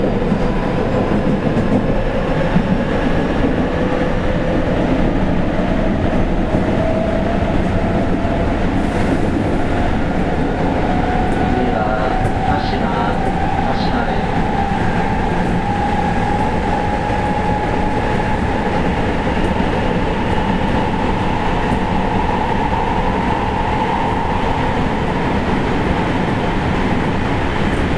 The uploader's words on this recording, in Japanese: JR西日本 207系電車の走行音です。学研都市線からJR東西線へ直通する区間快速列車にて収録しました。区間は、放出から尼崎までです。